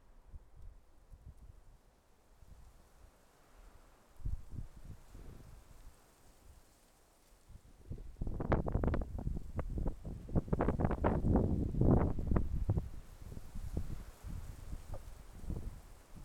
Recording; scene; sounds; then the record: everyday scene through a hearing-aid microphone; wind on the microphone; wind, traffic, birds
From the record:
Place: suburban garden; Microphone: behind the ear, left, front